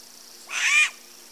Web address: Natures Songs S America Eastern Lowlands 141-03 Asio clamator, alarm calls pair